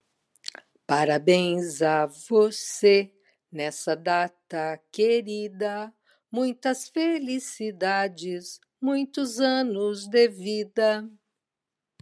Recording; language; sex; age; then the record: short text; Brazilian Portuguese; female; 60 to 69 years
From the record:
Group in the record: control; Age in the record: 66 years